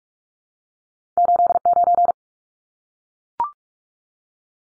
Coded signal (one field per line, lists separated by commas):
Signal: Morse code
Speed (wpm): 44 wpm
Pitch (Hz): 700 Hz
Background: none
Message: 89